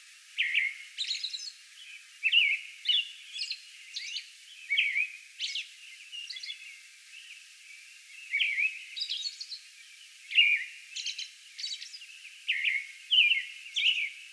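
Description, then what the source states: American robin song of bright, whistled, up-and-down phrases given in quick succession, mixed with high, thin squeaky notes. Recorded May 11; a song bout.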